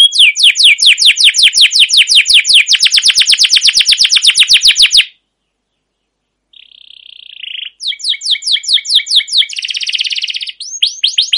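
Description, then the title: Canary delivering a long, fast rolling trill, a pause, then a buzzy note followed by further trills and rattling phrases. Long trilling rolling (ngerol) song of a canary in full song (gacor), a master recording used as a lure to prompt other canaries to sing. "CUIT CUIT NGEROL LANGSUNG GACOR PANJANG Kenari Ini AMPUH Utk Pancingan KENAR. Masteran Suara Burung Kenari Gacor Panjang cuit cuit Ngerol untuk Pancingan Kenari!"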